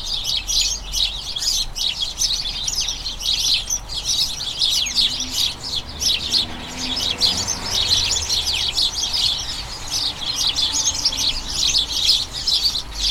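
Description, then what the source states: Flock of house sparrows chattering nonstop, a thick bubbling stream of chirps with a faint low hum underneath. A dozen house sparrows, a colony in a small front garden as crocuses bloom, chattering incessantly and excitedly as they turn toward the breeding season; recorded by Fergus Collins.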